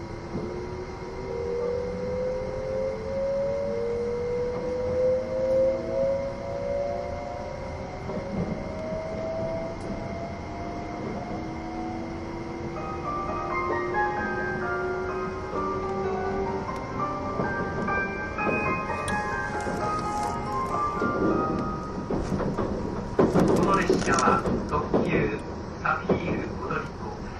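An E261 series Saphir Odoriko No. 1 train pulls away, its motor whine climbing steadily in pitch for the first dozen seconds. Stepped, higher tones then rise in stages over a continuous rumble, and louder clattering bursts swell around the 21–25 second mark.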